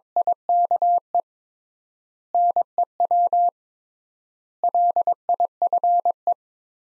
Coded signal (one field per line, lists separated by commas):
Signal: Morse code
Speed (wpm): 22 wpm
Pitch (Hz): 700 Hz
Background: none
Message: IKE NEW LIFE